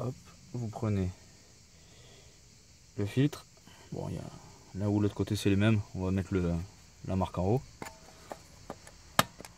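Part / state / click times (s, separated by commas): oil filter element into filter housing cap / seated / 9.2 s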